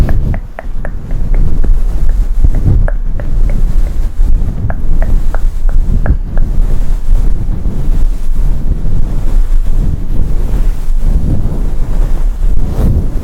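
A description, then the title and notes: Fluffy mic being scratched and rubbed up close, a dense, steady, low rumbling rustle that fills the whole clip. Through the first seven seconds, short bright taps or plucks land in quick, fairly regular runs, growing sparse after that while the scratching continues. Triggers tapping personal attention, scratching, fluffy mic, up close, plucking.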